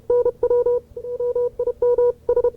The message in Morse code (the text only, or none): NW MIM S